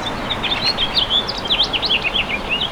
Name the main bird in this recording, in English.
House Finch